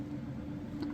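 A power cable quick-connect plug is handled at the charge inverter socket, the second such plug going in. A steady low hum fills the clip, with one brief, faint transient near 0.8 s. Nothing has seated or clicked yet; the clip ends just before the plug goes home.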